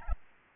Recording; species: mosquito wingbeat signal from an infrared sensor; Aedes albopictus